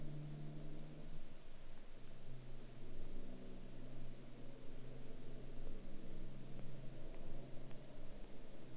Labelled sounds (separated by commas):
truck